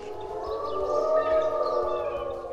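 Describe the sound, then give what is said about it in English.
A wolf in Algonquin Park, Canada, howls in a long, sustained, mid-pitched tone that holds fairly steady throughout, with faint low rumbling underneath and no voices. “That was a wolf in Algonquin Park in Canada”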